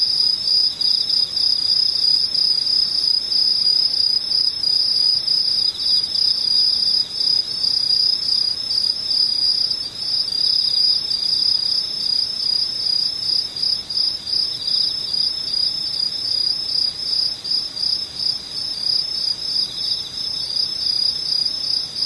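Insects trill steadily and densely in a high, bright pulsing band for the whole stretch, with no other sounds breaking through.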